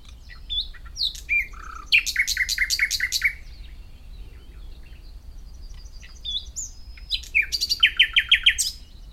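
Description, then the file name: Common nightingale song: scattered varied notes lead into a rapid stuttering series of repeated notes, a quieter pause, then another fast burst of repeated notes. "Luscinia megarhynchos"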